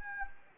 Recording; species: mosquito wingbeat signal from an infrared sensor; Anopheles gambiae